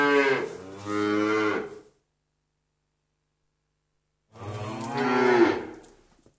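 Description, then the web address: Cow mooing twice, each a deep drawn-out low moo with a slight pitch bend, separated by a few seconds of silence. "mvd geraeusche Tiere Kuh-Muh"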